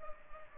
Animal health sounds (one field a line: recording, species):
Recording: mosquito wingbeat signal from an infrared sensor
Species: Culex pipiens